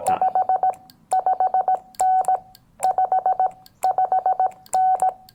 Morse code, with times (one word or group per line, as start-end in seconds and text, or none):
0.1-0.7 5
1.1-2.4 5N
2.8-3.5 5
3.8-5.1 5N